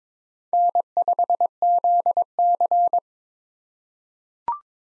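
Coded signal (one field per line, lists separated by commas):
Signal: Morse code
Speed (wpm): 22 wpm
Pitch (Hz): 700 Hz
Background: none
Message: N5ZC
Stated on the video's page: Computer-generated head-copy drill of common SOTA chaser callsigns at 22 wpm, each sent in Morse, spoken, then sent again.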